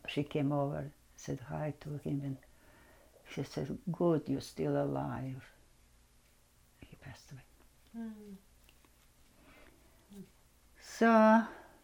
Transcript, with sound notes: she came over, said hi to him, and she said good, you're still alive. (pauses, quietly) He passed away. So,